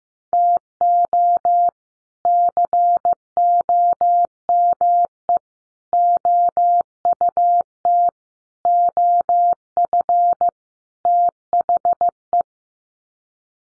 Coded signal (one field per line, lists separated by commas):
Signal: Morse code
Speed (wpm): 15 wpm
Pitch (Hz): 700 Hz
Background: none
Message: TO COME OUT OF THE